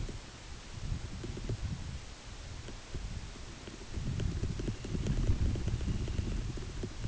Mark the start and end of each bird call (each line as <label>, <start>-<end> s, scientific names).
Calidris alpina, 4.50-6.53 s